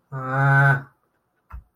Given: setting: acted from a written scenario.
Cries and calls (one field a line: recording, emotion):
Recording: vocal sound without words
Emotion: embarrassment